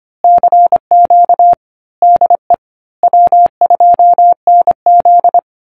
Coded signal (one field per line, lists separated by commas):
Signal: Morse code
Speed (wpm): 25 wpm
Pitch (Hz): 700 Hz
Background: none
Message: CQ DE W2NZ